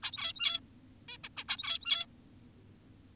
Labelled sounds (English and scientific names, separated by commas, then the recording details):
Zebra Finch (Taeniopygia guttata)
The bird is an adult
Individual g17y2U